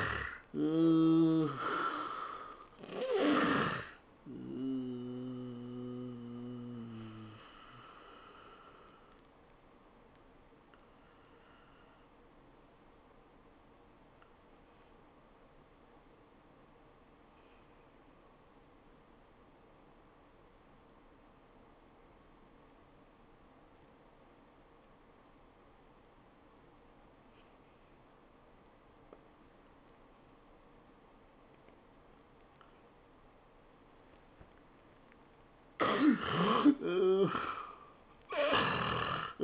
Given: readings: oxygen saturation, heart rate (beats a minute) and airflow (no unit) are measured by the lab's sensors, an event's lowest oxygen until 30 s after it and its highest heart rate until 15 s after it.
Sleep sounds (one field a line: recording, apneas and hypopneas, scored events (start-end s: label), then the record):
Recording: breathing in sleep by a voice recorder at the bedside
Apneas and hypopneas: 1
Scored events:
12.00-35.40 s: hypopnea (N1, oxygen 96% highest, then 69% lowest, heart rate 80 at the start, 101 highest)
From the record:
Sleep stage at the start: N1 (lightest sleep)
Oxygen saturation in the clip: 66 to 96%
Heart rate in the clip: 79 to 104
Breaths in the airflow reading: 7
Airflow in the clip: -20.0 to 10.6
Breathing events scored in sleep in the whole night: 403 in 5.5 hours asleep